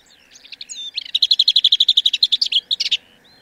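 Lesser whitethroat song: a short quiet warble opening into a fast, dry, even rattle of many notes, ending in a few sharper notes.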